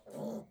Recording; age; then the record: pig call; piglet (1 to 25 days)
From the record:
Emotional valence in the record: negative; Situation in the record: restrain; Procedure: back test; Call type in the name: low-frequency call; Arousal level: maximum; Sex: male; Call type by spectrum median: low-frequency call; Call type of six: low-frequency stable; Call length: 0.51 s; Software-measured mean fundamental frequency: 53 Hz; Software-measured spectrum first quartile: 226 Hz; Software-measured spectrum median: 420 Hz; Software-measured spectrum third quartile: 666 Hz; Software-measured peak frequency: 222 Hz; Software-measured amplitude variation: 144 dB a second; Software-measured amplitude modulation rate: 23.5 a second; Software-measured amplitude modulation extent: 6.1 dB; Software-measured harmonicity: 3.4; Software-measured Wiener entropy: 0.06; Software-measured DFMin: 1289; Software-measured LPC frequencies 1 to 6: 515, 3431, 4374, 6357, 7183, 8356 Hz